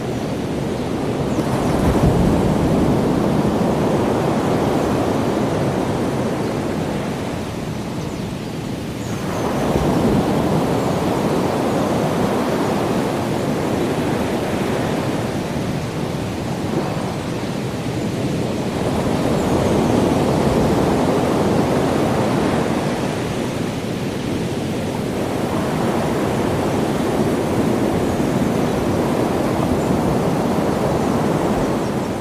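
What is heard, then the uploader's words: Ocean surf rolls in a dense, continuous wash of low, rumbling water, swelling and easing in slow waves about every five to eight seconds. The roar stays full throughout, with a softer hiss riding above it and no other sounds. Ocean Sounds In Hawaii.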